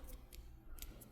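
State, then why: Not seated. A plastic terminal locking piece in a wiring connector housing, with the wires already put in, is handled before being pushed down. Brief, crisp high-frequency ticks at about 0.4, 0.8, 1.0 and 1.2 seconds sound over a steady low hum. Nothing has seated or clicked yet.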